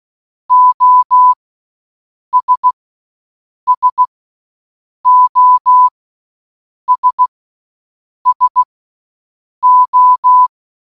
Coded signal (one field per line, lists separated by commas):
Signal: Morse code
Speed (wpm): 16 wpm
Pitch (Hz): 1000 Hz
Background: none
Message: OS SOS SO